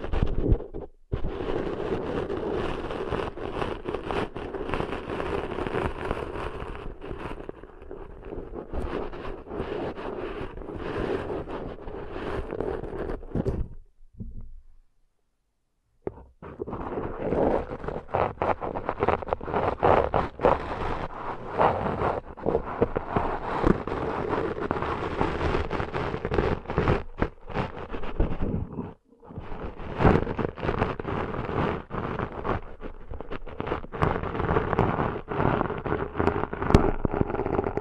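Ear cleaning sounds: dense, crackly scraping and rubbing with a low rumbling undertone, fairly steady and loud throughout. The sound cuts out briefly around 14 to 16 seconds and dips again near 29 seconds before resuming just as busy.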